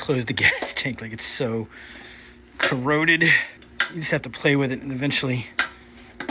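Someone talks while working a badly corroded metal fuel cap on a Honda Rebel 300 motorcycle gas tank, with faint metallic scraping between the words. Sharp metallic clicks at 6.2 s and 6.3 s mark the cap snapping closed into the tank's filler neck.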